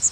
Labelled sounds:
Magnolia Warbler (Setophaga magnolia) flight call

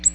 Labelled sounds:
Ovenbird (Seiurus aurocapilla) flight call

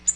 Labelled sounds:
Tennessee Warbler (Leiothlypis peregrina) flight call

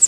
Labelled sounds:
Pine Warbler (Setophaga pinus) flight call

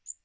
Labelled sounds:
Magnolia Warbler (Setophaga magnolia) flight call

